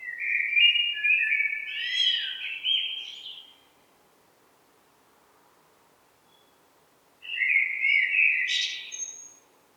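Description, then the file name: Common blackbird song, two low fluted warbling phrases ending in thin high twitters, separated by several seconds of quiet. "Turdus merula"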